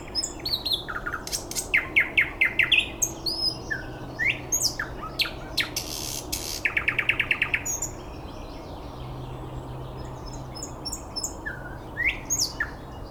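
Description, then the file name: Bird song, quick chirps and whistles early, then a fast rattling trill near the middle, and sparse high notes at the end. Recorded 9 May 2014 at 06:39. "birds 140509 0639"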